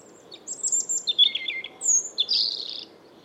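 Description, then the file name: European robin singing a varied, high phrase of thin whistles and quick jingling notes, with a very high sliding whistle in the middle before a final twittering flourish. "Erithacus rubecula"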